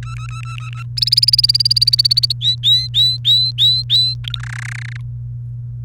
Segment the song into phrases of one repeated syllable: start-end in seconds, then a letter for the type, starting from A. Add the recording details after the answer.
0.03-0.82 A, 0.97-2.33 B, 2.41-4.14 C, 4.24-4.39 D, 4.40-4.97 E. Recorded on 29 April 2018 at 18:18. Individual llb3